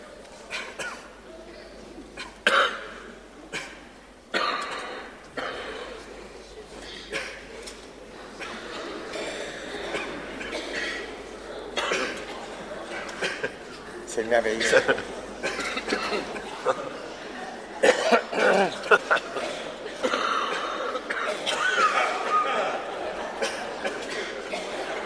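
Scattered short coughs and throat clearing from several adults in a room, performed deliberately by an audience, the coughing treated as the possible beginning of songs.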